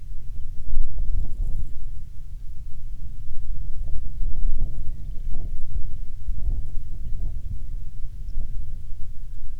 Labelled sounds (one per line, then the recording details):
songbird
wind
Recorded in the Prudhoe Bay oil fields, Alaska, on 21 June 2019 at 09:30
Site 22